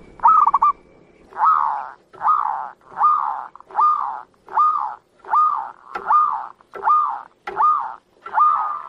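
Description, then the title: Zebra dove opening with a brief stutter, then a run of about ten full, rounded coos spaced roughly every three-quarters of a second. Master zebra dove song, presented as a sound that prompts other zebra doves to join in and sing (manggung). "Perkutut Mana Yang Nggak Ikut Manggung Dengar Suara Perkutut Masteran Ini"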